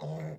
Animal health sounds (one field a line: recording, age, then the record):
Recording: pig call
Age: piglet (1 to 25 days)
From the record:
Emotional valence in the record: negative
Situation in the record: short isolation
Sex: male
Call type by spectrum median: low-frequency call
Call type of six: low-frequency modulated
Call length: 0.39 s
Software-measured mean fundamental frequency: 52 Hz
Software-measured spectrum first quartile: 155 Hz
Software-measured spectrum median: 292 Hz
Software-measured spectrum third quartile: 644 Hz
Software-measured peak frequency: 156 Hz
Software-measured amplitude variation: 83 dB a second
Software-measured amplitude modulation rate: 16.7 a second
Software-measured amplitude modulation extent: 5.0 dB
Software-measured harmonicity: 5.7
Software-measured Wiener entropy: -0.42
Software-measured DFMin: 1083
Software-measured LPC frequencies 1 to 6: 607, 2033, 3807, 5112, 6751, 7593 Hz